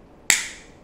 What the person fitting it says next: 지금처럼 딸깍 소리가 날 때까지 눌러주시면 됩니다.